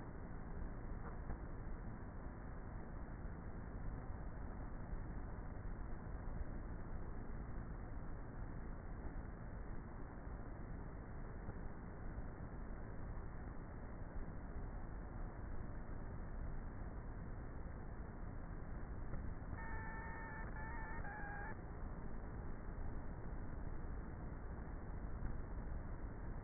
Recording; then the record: honeybee colony, microphone inside the hive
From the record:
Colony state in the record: queenless with a low population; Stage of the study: before two queens were removed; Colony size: about 30,000 bees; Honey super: no